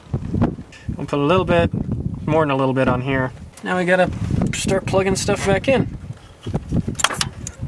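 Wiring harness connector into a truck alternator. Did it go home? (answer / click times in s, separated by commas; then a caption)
yes / 7.0 s, 7.2 s. Someone talks while a plastic wiring harness connector is plugged back into the alternator of a 1996–2003 Ford F150 truck during alternator reinstallation. Two sharp snaps at 7.0 s and 7.2 s mark the connector seating fully.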